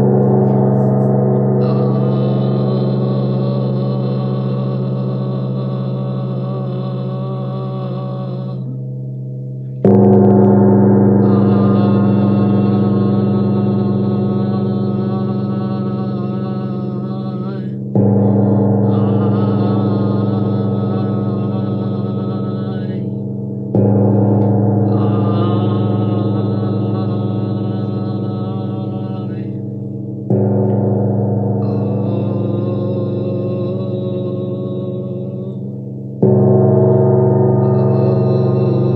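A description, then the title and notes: A large gong is struck about every six to ten seconds, each blow near 0, 10, 18, 24, 30 and 36 seconds. Every strike blooms into a deep, rich hum with shimmering upper tones that slowly fade, overlapping so the sound never falls silent. Heart Gong Immersion by Sound Alchemist Julie Jewels Smoot.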